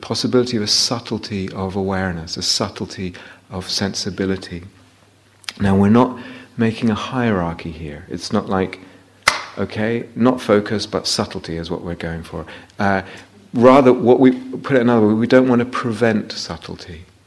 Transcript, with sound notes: The possibility of a subtlety of awareness, a subtlety of sensibility. We're not making a hierarchy here; it's not like, [claps] "Okay, not focused, but subtlety is what we're going for." Rather, to put it another way, we don't want to prevent subtlety.